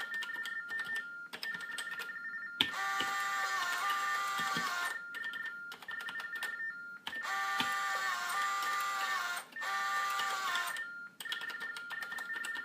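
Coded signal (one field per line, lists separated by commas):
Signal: RTTY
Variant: TDD Baudot, 45.45 baud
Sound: warbling two-pitch telephone tones over rattling printer and keyboard clicks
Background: keyboard typing, printer noise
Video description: The device uses baudot tones to communicate with other TDD devices using an acoustic couple and telephone handset. You can hear the keyboard, tones and a small printer.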